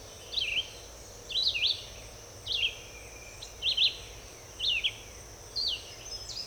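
Red-eyed vireo repeating zigzagging whistled phrases roughly once a second, six in a row, over a constant high insect tone.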